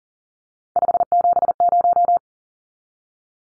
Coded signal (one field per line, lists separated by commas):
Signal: Morse code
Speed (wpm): 40 wpm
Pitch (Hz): 700 Hz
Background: none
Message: 570